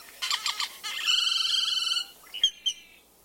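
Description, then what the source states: Great-tailed Grackle call: a few harsh clicks leading into a sustained buzzy note, then brief sharp squeaks. Also called Mexican grackle; its calls described as rattles, screeches, whistles and creaks, sometimes sounding more machine than bird.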